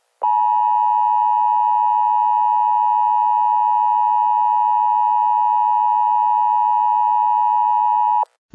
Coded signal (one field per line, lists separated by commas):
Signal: Emergency Alert System (SAME) tones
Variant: 853 and 960 Hz attention tone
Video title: Push The Button: An EAS Scenario